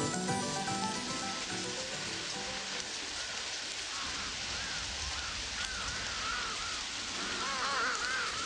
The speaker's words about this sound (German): Regen. Das ist der Regen. Der Regen regnet.